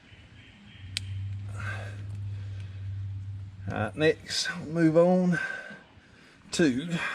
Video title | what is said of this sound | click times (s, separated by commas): How to install Pop & Lock Tailgate Security on a dodge ram | close this tab right here off until it snaps | 1.0 s